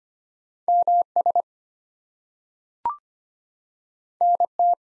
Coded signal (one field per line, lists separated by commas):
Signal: Morse code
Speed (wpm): 25 wpm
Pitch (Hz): 700 Hz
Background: none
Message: MS NT